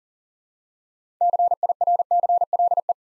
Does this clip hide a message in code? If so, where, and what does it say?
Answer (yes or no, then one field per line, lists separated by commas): yes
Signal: Morse code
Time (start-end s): 1.2-2.9 s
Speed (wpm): 39 wpm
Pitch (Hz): 700 Hz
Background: none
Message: CIRCLE